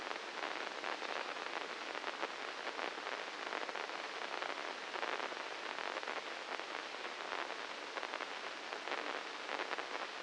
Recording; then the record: brain microelectrode recording played as sound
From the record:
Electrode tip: inside the subthalamic nucleus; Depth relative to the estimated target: -1 mm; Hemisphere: left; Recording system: NeuroSet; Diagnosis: Parkinson's disease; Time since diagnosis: 9 years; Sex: male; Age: 56 years